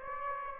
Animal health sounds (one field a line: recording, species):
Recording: mosquito wingbeat signal from an infrared sensor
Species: Aedes aegypti